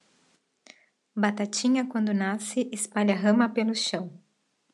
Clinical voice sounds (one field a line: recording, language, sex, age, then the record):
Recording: short text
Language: Brazilian Portuguese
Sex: female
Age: 30 to 39 years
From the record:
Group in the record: control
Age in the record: 39 years